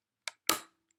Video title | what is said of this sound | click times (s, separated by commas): iCan Sinocare CGM unboxing | there's my click and then you to turn this dial | 0.5 s